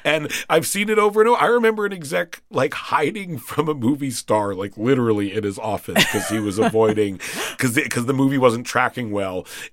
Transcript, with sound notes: And I've seen it over and - I remember an exec, like, hiding from a movie star, like, literally in his office.
(Laughter).
'Cause he was avoiding - 'cause the movie wasn't tracking well,